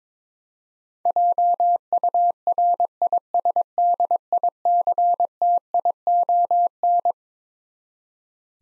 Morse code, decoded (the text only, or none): JURISDICTION